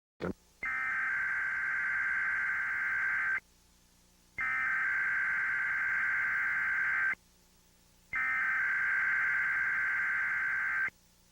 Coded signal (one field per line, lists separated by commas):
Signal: Emergency Alert System (SAME) tones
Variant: header bursts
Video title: EAS Emergency Alert System RMT Required Monthly Test for Kansas City Metro Area, July 30, 2002